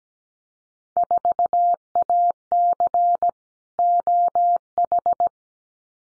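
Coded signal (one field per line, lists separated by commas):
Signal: Morse code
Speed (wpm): 17 wpm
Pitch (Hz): 700 Hz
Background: none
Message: 4AC OH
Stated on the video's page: Morse drill of randomly selected Field Day exchanges at 17 wpm for head-copy, each sent, spoken, then sent again.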